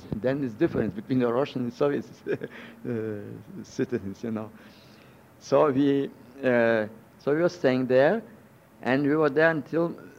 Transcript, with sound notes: Then is difference between the Russian and Soviets, (he laughs) citizens, you know. So we were staying there and we were there until